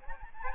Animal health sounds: mosquito wingbeat signal from an infrared sensor; Aedes albopictus

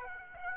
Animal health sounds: mosquito wingbeat signal from an infrared sensor; Aedes aegypti

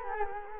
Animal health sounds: mosquito wingbeat signal from an infrared sensor; Culex quinquefasciatus

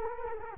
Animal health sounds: mosquito wingbeat signal from an infrared sensor; Culex quinquefasciatus

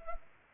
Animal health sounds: mosquito wingbeat signal from an infrared sensor; Anopheles arabiensis

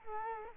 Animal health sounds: mosquito wingbeat signal from an infrared sensor; Culex quinquefasciatus

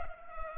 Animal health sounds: mosquito wingbeat signal from an infrared sensor; Culex pipiens

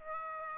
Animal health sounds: mosquito wingbeat signal from an infrared sensor; Aedes aegypti

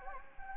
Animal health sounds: mosquito wingbeat signal from an infrared sensor; Anopheles gambiae

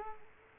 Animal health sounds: mosquito wingbeat signal from an infrared sensor; Culex quinquefasciatus

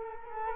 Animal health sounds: mosquito wingbeat signal from an infrared sensor; Culex quinquefasciatus

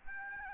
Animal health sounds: mosquito wingbeat signal from an infrared sensor; Aedes albopictus

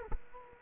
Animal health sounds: mosquito wingbeat signal from an infrared sensor; Culex quinquefasciatus

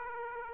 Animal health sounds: mosquito wingbeat signal from an infrared sensor; Aedes aegypti

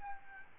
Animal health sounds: mosquito wingbeat signal from an infrared sensor; Aedes albopictus

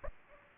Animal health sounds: mosquito wingbeat signal from an infrared sensor; Aedes aegypti

